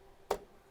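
A DDR4 memory module is pressed into a DIMM slot on a Gigabyte TRX40 Designare motherboard, left side first and then the right. A single sharp, tick-like click is heard at 0.3 s against quiet background. It seated only partly to satisfaction: it didn't go in well, so the stick is pulled out to be reseated.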